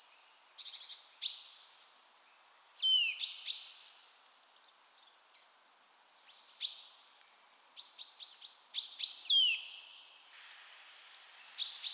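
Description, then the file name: Eurasian nuthatch calls: sharp high notes and downslurred whistles, some in quick runs of four or five, scattered throughout with gaps of quiet between. "Sitta europaea"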